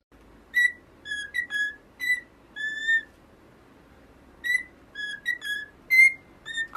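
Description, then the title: Cockatiel whistled notes in two clusters separated by a quiet pause, tones steady and clear. Several cockatiels singing, whistling. "Calopsitas Cantando Assobio"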